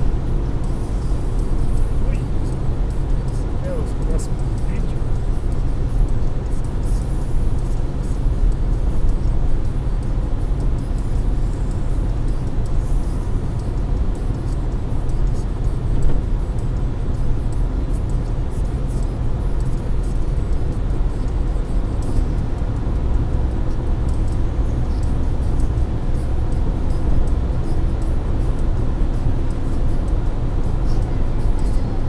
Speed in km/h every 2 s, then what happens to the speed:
130, 131, 132, 133, 134, 135, 134, 134, 135, 138, 142, 145, 148, 149, 149, 149.
0-32 speeds up to 149.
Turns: none.